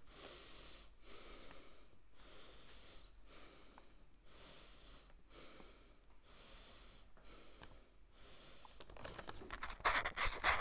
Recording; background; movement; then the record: deep breathing; quiet; sitting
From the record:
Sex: male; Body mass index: 22.0 kg/m2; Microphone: on the chest, facing outward